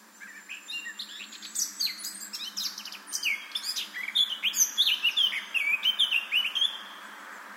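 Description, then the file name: Eurasian blackcap song: a rapid, varied warble of high chirps and slurred notes that grows louder and ends in clearer whistled phrases, over faint background hiss. "Sylvia atricapilla"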